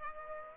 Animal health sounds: mosquito wingbeat signal from an infrared sensor; Aedes aegypti

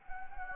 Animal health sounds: mosquito wingbeat signal from an infrared sensor; Anopheles gambiae

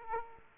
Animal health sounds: mosquito wingbeat signal from an infrared sensor; Aedes aegypti

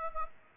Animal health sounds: mosquito wingbeat signal from an infrared sensor; Aedes aegypti

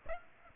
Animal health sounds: mosquito wingbeat signal from an infrared sensor; Aedes aegypti

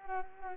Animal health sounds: mosquito wingbeat signal from an infrared sensor; Culex pipiens

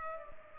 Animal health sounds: mosquito wingbeat signal from an infrared sensor; Culex pipiens

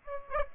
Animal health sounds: mosquito wingbeat signal from an infrared sensor; Aedes aegypti

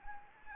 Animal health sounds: mosquito wingbeat signal from an infrared sensor; Anopheles arabiensis

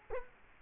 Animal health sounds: mosquito wingbeat signal from an infrared sensor; Culex quinquefasciatus

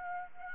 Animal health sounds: mosquito wingbeat signal from an infrared sensor; Anopheles arabiensis

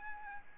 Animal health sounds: mosquito wingbeat signal from an infrared sensor; Aedes albopictus

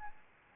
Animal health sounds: mosquito wingbeat signal from an infrared sensor; Aedes albopictus

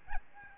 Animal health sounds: mosquito wingbeat signal from an infrared sensor; Aedes albopictus

